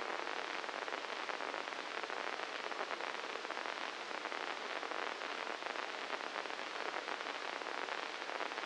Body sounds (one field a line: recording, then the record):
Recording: brain microelectrode recording played as sound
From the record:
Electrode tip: inside the subthalamic nucleus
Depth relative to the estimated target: 0 mm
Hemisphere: left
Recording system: NeuroSet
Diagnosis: Parkinson's disease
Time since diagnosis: 9 years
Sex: male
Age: 56 years